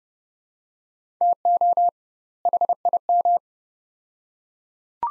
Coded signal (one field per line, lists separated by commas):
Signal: Morse code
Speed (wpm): 30 wpm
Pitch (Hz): 700 Hz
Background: none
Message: TO HIM